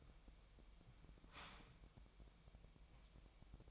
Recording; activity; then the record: daily activity, microphone in the room; start toaster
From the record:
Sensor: 1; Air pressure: 1002.0 hPa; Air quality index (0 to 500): 238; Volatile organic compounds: 43 ppm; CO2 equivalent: 3203 ppm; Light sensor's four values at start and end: 10/35/13/15 and 10/35/13/15